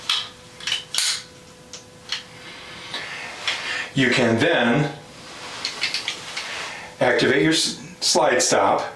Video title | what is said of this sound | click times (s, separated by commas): Modern ammunition, the importance of dry fire and the use of snap caps | insert it into the magazine well, locking it in, and you can hear it lock. Listen. | 0.1 s